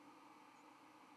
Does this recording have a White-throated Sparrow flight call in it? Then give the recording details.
no. Another species' flight call is heard. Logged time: 06:59 on 31 October 2014